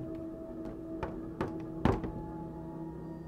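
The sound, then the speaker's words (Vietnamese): Several dull knocks on the door of Mr. Bạt's house at night while he sleeps, made by a boy disguised as a ghost: about five irregularly spaced raps with the last one loudest, over a steady low hum with no voices. “Được một hồi thì nó gõ cửa.”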